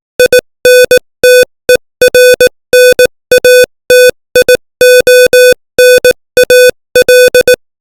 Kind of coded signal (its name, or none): Morse code